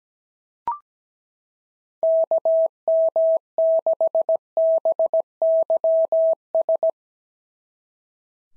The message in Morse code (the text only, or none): KM6BYS